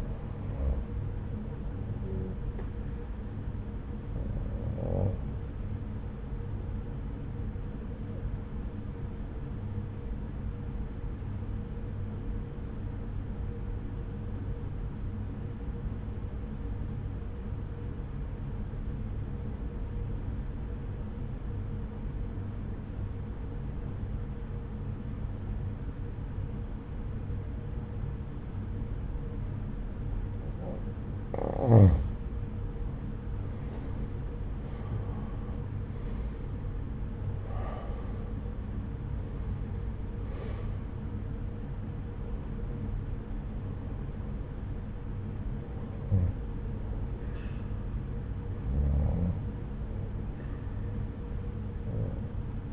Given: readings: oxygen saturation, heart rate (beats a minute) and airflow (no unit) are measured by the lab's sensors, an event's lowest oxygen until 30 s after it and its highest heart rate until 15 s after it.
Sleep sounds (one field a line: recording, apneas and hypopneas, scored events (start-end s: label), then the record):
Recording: breathing in sleep by a smartphone at the bedside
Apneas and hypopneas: 1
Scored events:
12.00-33.40 s: obstructive apnea (N1, oxygen 95% highest, then 84% lowest)
From the record:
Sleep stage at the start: N1 (lightest sleep)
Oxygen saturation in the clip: 85 to 95%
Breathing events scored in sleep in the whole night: 303 in 8.1 hours asleep